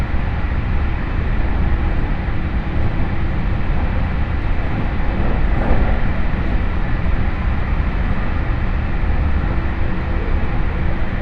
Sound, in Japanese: 鉄道旅 中央西線 恵那→高蔵寺